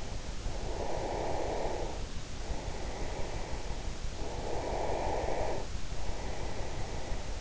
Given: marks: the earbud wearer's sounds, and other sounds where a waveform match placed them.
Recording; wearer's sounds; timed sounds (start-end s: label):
sounds in sleep by an in-ear microphone; breath
0.43-3.79 s: breath
4.14-7.41 s: breath